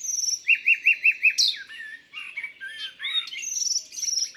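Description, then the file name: Common nightingale song opening with several repeated whistled notes, then a sharp note and mixed warbled, slurred phrases with high thin whistles. Recorded in Isère, France. "Rossignol-philomele-Concerts-naturels-de-l Isere-Studio-Les-Trois-Becs"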